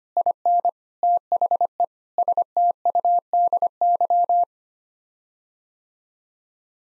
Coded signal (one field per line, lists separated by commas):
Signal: Morse code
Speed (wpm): 25 wpm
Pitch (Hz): 700 Hz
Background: none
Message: IN THE STUDY